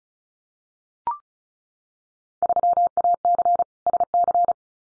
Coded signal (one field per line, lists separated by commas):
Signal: Morse code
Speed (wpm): 36 wpm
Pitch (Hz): 700 Hz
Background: none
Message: 3AC SC